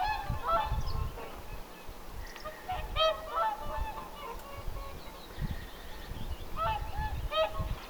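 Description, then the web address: Whooper swans uttering short, clear bugling honks in bursts, some notes doubled, over low rumbling background noise. Whooper swans calling in summer on 1 June 2025; apparently young birds on the shore. "paivat 1 6 2025 laulujoutsenten aantelya kesalla ilmeisten nuorten rannalla"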